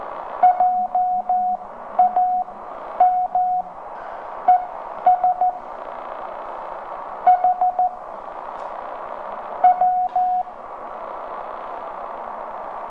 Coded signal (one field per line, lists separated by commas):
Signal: Morse code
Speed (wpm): 13 wpm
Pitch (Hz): 730 Hz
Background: radio noise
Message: JAMES HW